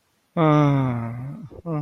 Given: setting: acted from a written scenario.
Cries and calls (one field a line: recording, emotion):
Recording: vocal sound without words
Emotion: romantic love